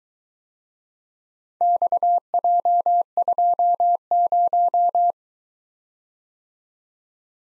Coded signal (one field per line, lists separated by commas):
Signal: Morse code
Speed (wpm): 22 wpm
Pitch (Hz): 700 Hz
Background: none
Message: XJ20